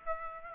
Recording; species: mosquito wingbeat signal from an infrared sensor; Aedes aegypti